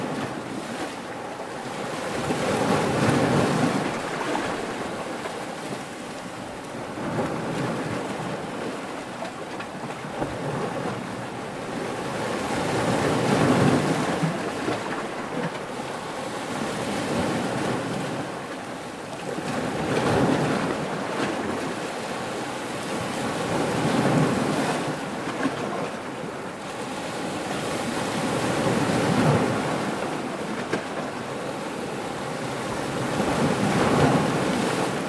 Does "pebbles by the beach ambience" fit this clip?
yes